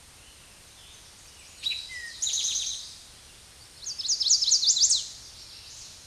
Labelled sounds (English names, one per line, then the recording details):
Eastern Towhee song
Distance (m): 10 m
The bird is about 5 m above the microphone
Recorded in a Pennsylvania forest on 16 May 2024 at 06:06
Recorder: AudioMoth, point MSD-0627
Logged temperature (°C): 14.8 °C
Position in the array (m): 106 m, 7 m